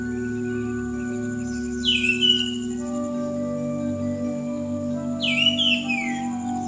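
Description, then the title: Bird song in two short chirpy bursts of downslurred notes, roughly three seconds apart, over a constant low hum. "SuaraBurung Kicau"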